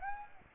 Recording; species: mosquito wingbeat signal from an infrared sensor; Aedes aegypti